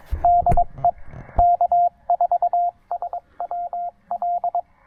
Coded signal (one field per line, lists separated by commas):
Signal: Morse code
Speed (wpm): 22 wpm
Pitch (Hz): 700 Hz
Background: radio noise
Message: DE K4SWL